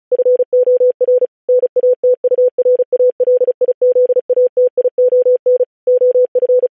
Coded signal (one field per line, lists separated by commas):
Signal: Morse code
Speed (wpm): 36 wpm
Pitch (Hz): 500 Hz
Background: none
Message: FOR NATURALIZATION OF